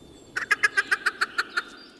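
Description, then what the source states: Sooty Grouse cackle: a rapid, evenly spaced series of about nine clucking notes over roughly a second and a quarter. Female on the ground cackling in response to the male's hooting, in spring.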